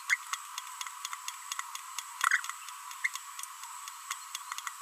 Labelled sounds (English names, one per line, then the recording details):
Green-rumped Parrotlet babbling
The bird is a female
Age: 24 days
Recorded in a nest box in Venezuela
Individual 17B42B1